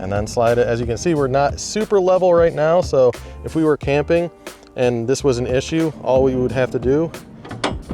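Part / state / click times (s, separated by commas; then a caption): sliding side door hold-open latch on a camper van body / seated / 7.6 s. Someone talks while sliding the side sliding door of an Entegra Ethos 20T camper van open far enough for its hold-open latch to catch, so the door stays put even though the van is not parked level. A ratchet-like mechanical click is heard at 7.6 s as the latch locks the door in the open position.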